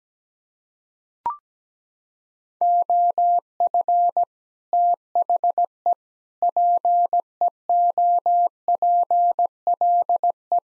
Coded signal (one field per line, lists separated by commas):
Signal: Morse code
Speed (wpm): 17 wpm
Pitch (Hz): 700 Hz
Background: none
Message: OF THE PEOPLE